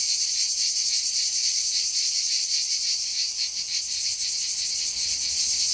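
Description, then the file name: Cicada giving a sustained shrill, high buzzing drone, faintly pulsed and steady in loudness from start to end. "CHANT CIGALE"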